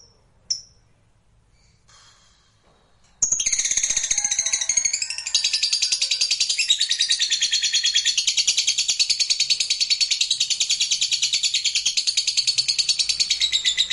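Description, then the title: Lovebird song: after a couple of isolated chirps, a loud, rapid twittering chatter of high buzzy notes runs on to the end. Meant to stimulate a lazy lovebird into singing. "LOVEBIRD Malas Bunyi JADI GREGET SPONTAN Langsung NARIK"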